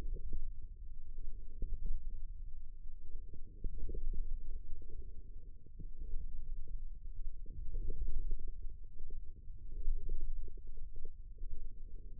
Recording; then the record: forearm muscle sounds (acoustic myography)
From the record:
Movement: forearm supination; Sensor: system 1, eight BSWA MPA416 microphones around the upper forearm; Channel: 6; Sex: male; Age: 28 years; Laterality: right